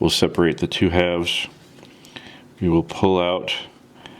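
Someone talks while handling a Maketoys MTCM-04D Himed plastic transforming figure, separating the two halves so the toy robot legs can be pulled out and rotated down into the hip joint, where a tab mechanism locks them. Between phrases there are a few small, sharp plastic ticks near 1.9, 2.1, 2.2 and 4.1 seconds. Nothing has seated or clicked into place yet.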